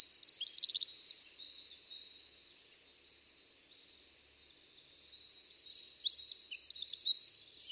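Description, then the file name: Eurasian wren song: loud, high, rapid trilled bursts for the first second or so, a softer chattering stretch in the middle, then fast ringing trills return near the end. "Troglodytes troglodytes"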